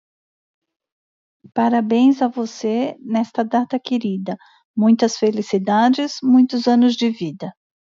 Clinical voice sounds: short text; Brazilian Portuguese; female; 50 to 59 years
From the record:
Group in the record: control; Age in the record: 51 years

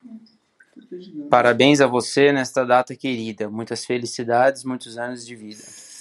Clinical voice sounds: short text; Brazilian Portuguese; male; 60 to 69 years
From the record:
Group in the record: control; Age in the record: 60 years

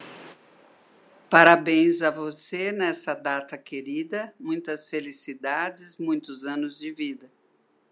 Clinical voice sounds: short text; Brazilian Portuguese; female; 70 to 79 years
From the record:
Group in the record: control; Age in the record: 76 years

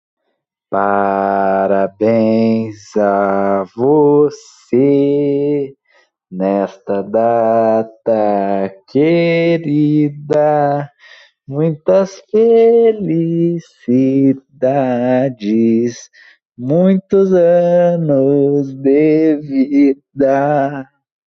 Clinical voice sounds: short text; Brazilian Portuguese; male; 20 to 29 years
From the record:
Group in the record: control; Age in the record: 22 years

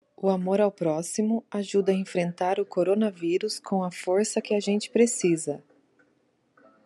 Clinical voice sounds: spoken sentence; Brazilian Portuguese; female; 30 to 39 years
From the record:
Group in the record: control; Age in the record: 35 years

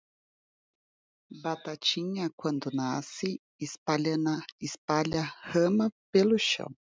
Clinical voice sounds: short text; Brazilian Portuguese; female; 30 to 39 years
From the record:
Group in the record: control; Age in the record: 39 years

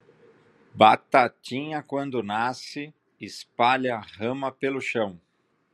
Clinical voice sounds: short text; Brazilian Portuguese; male; 40 to 49 years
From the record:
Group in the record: control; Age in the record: 49 years

